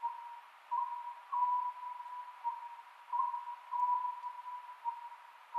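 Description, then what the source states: Oriental scops owl, several brief low hooting notes in loose phrases, set against a flat continuous background tone. Recorded 27 May 2010 at 22:21.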